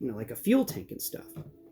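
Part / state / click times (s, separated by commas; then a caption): plastic leg panel onto the leg of a transforming robot toy / not seated / none. Someone talks while handling the plastic leg panels of a Siege Nemesis Prime transforming robot toy (Siege Optimus Prime mold), which fold forward onto the legs to complete the wheel wells. The panels have not yet snapped into place, and nothing has seated or clicked by the end of the clip.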